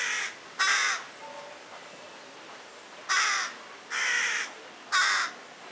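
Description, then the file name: Carrion crow giving harsh, hoarse caws: a partial one at the start, then single drawn-out caws at about one, three, four and five seconds, over steady background hiss. "Corvus corone"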